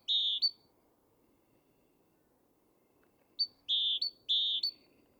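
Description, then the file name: Great tit calling: a sustained lower whistle with a brief high note, then after a long pause a run of alternating high and lower whistled notes. "Parus major"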